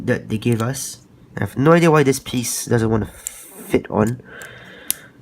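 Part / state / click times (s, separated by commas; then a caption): plastic armor piece onto a model kit leg frame / seated / 4.9 s. A plastic Gunpla armor part that would not fit is pressed onto a model kit leg frame while someone talks. It snaps home with a sharp click at 4.9 seconds and is seated; it would not go on before because it had not snapped.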